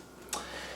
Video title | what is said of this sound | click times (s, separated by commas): Eminence trim ring installation directions | but Oh, see the screw holes aren't aligned. And then when they are, just pops right in. | 0.3 s